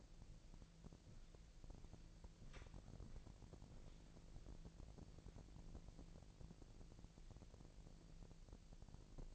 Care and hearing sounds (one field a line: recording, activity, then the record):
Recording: daily activity, microphone in the room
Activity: walk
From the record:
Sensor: 5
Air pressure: 1002.1 hPa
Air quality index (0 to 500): 244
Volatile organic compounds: 29 ppm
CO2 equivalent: 2934 ppm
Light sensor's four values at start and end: 33/79/33/36 and 33/79/33/36